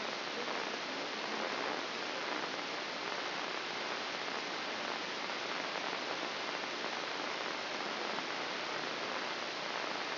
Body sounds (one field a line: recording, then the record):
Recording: brain microelectrode recording played as sound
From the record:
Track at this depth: inside the subthalamic nucleus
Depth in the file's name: 6.904 mm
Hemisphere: left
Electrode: 2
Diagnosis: Parkinson's disease